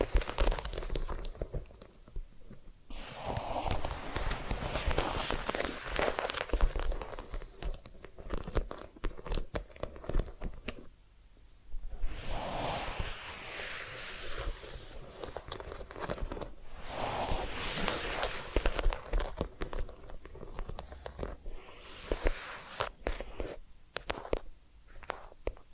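Close-up rubbing and scratching sounds from a massage and ear cleaning session, coming in dense, uneven bursts of rustling friction. Brief quiet pauses break the activity near the start, around the ten-second mark, and toward the end, with soft low thumps underneath.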